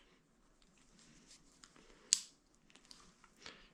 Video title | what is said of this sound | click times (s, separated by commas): EXTREMELY RARE Kawasaki F11"M" Engine Restoration. | And that snapped into place. | 2.1 s